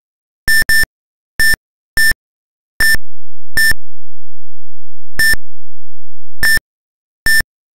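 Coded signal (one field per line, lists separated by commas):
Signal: none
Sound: game's sound effect beeps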